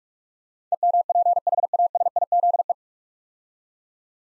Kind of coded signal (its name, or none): Morse code